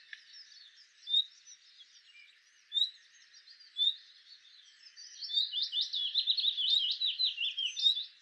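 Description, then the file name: Common nightingale song with a few spaced whistled notes, then a dense, fast run of loud rattling, chattering phrases. "Luscinia megarhynchos"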